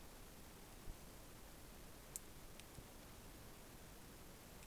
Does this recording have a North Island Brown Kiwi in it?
no